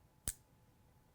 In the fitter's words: is touch the thumb Barrel again you'll hear a click